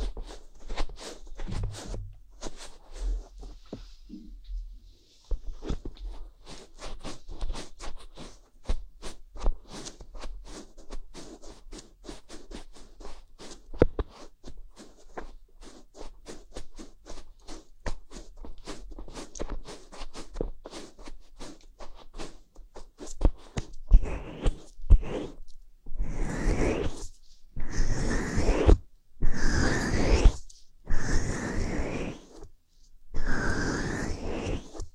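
Ear cleaning with a fluffy bonten ear pick: a steady stream of quick, dense scratching and ticking for about 25 seconds, with a short quieter gap near the five-second mark. Then five louder, fuller brushing sweeps arrive at regular intervals until the end.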